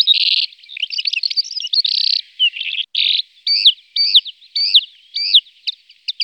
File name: calandra lark